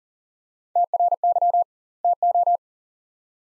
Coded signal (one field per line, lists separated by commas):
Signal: Morse code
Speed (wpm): 37 wpm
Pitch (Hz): 700 Hz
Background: none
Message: TRY TO